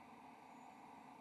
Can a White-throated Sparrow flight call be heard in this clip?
no